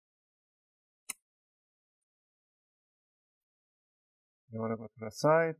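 A guitar pick twisted along the left side of the plastic bottom cover of an Alienware 17 R5 laptop pops a cover clip free from the chassis, giving one sharp, bright click at 1.1 s. Silence follows until someone talks near the end, and the clip is released.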